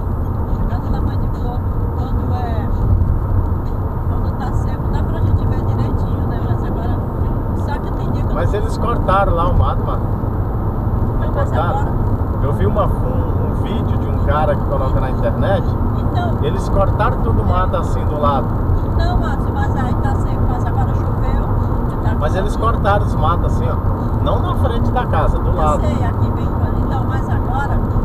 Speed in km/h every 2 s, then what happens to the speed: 107, 112, 116, 120, 122, 124, 126, 128, 129, 129, 129, 128, 129, 128.
0-11 speeds up to 126. 11-28 steady at about 128.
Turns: none.